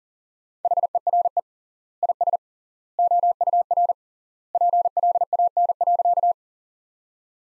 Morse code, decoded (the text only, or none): HERE IS OUR PLAN.